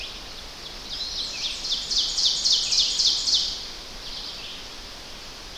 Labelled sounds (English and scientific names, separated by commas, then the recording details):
Ovenbird (Seiurus aurocapilla) song
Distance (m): 15 m
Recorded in boreal forest in Alberta, Canada, on 10 June 2016 at 06:55
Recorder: SongMeter 3, array SBT-3-39
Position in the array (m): 198 m, 75 m
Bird 17